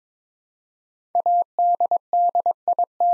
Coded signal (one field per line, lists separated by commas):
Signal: Morse code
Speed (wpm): 22 wpm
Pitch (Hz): 700 Hz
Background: none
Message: ADDIT